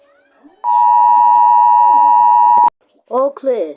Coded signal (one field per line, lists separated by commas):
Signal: Emergency Alert System (SAME) tones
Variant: 853 and 960 Hz attention tone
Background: speech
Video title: EAS scenario CN SD40-2W exe #5252